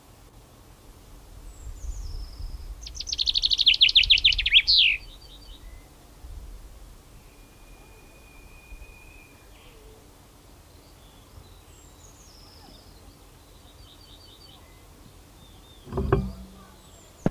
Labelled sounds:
Common Chaffinch (Fringilla coelebs) song

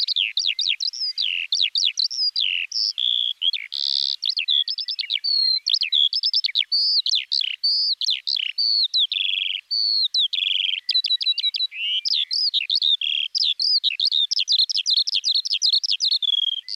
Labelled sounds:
Eurasian Skylark (Alauda arvensis) song

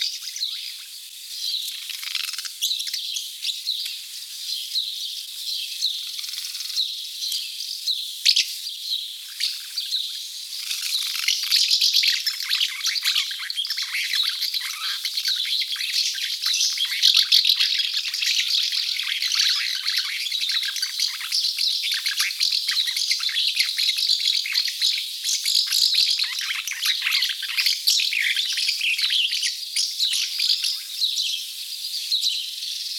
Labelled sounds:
Common House Martin (Delichon urbicum) song

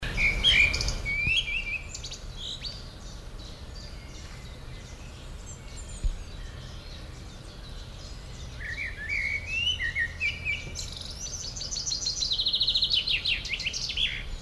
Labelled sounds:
Common Blackbird (Turdus merula) song

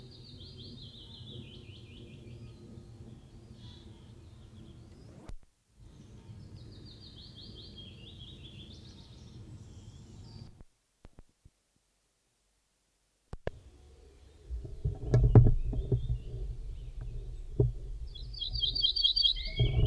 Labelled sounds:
Ortolan Bunting (Emberiza hortulana) song

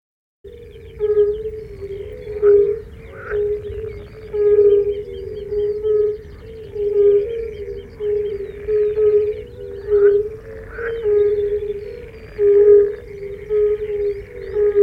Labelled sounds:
Fire-Bellied Toad (Bombina bombina) call

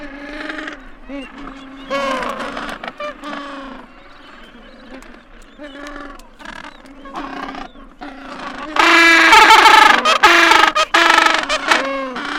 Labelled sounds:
Gentoo Penguin (Pygoscelis papua) call

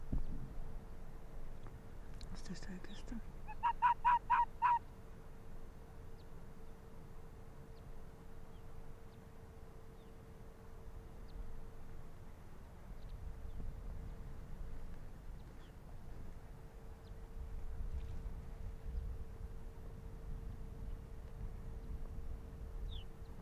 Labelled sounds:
Arctic Fox (Vulpes lagopus)

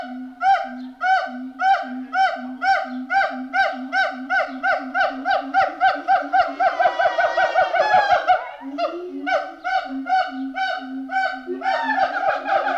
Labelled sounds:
Pileated Gibbon (Hylobates pileatus)

